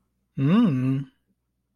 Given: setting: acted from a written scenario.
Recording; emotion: vocal sound without words; neutral